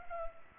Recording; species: mosquito wingbeat signal from an infrared sensor; Culex pipiens